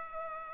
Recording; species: mosquito wingbeat signal from an infrared sensor; Culex pipiens